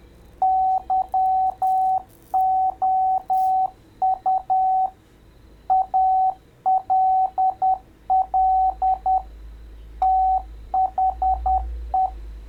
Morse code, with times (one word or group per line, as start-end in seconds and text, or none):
0.4-4.9 YOU
5.7-9.2 ALL
10.0-12.1 THE